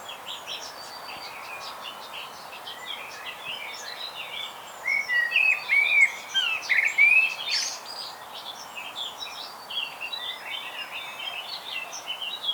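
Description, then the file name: Eurasian blackbird singing mellow, slurred fluted phrases midway through, surrounded by a dense chorus of high twittering birds. "Turdus merula"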